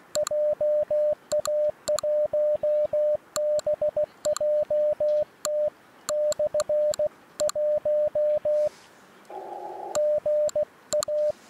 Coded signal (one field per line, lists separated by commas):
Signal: Morse code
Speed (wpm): 16 wpm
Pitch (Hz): 600 Hz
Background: none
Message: JA1BJT/1 GA